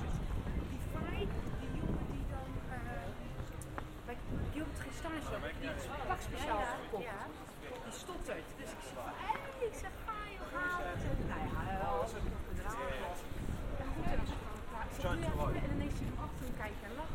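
A binaural field recording in Amsterdam, where several people talk over one another almost without pause, their voices rising and falling. A steady low rumble, likely passing traffic, swells around the four- and eleven-second marks, with occasional light knocks and clicks scattered throughout.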